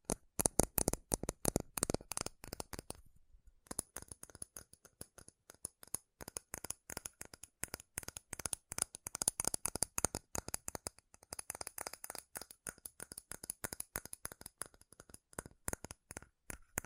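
Rapid metal tapping, a dense stream of sharp, bright clicks with a ringing edge that barely lets up. The hits come in fast, uneven bursts, loudest in the first three seconds, with short pauses near three and eleven seconds before the flurry resumes.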